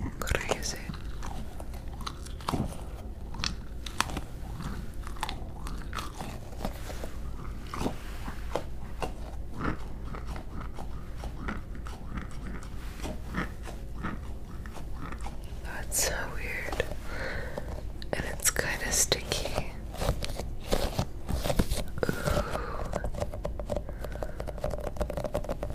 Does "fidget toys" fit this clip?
yes